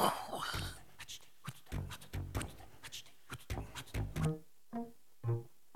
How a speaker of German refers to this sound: Also es ist so ein Mittelding zwischen getretenem Ochsen und irgendwie heftig heiserem Hund.